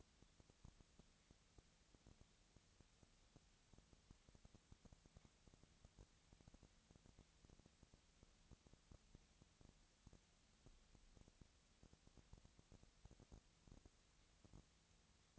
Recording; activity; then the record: daily activity, microphone in the room; no activity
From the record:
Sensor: 3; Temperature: 20.4 degrees Celsius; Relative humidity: 34.4%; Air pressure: 997.0 hPa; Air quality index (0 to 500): 205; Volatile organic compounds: 68 ppm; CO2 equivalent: 3503 ppm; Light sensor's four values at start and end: 2/3/2/2 and 2/3/2/2